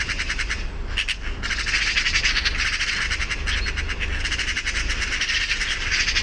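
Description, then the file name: Eurasian magpie chattering in rapid, grating rattles that run nearly continuously, one short break after the first second, with a low background rumble. "Pica pica"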